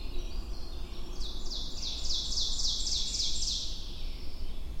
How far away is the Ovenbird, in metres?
about 30 m